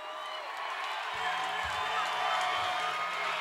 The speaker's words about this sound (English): Give him a round of applause, y'all.